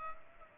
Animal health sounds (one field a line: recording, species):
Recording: mosquito wingbeat signal from an infrared sensor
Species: Culex pipiens